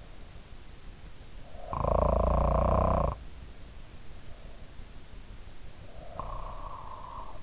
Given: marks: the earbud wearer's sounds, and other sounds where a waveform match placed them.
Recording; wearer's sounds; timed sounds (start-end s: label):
sounds in sleep by an in-ear microphone; snoring breath
1.38-3.32 s: snoring breath
5.95-7.43 s: snoring breath